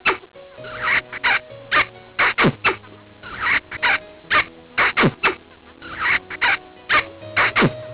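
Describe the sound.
Animal calls, a series of short harmonic cries with sharp downward sweeps, repeated in quick succession, some held as steady tones.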